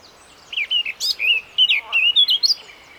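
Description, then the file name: Eurasian blackcap song, a brisk run of varied warbled and slurred notes lasting about two seconds. "Sylvia atricapilla"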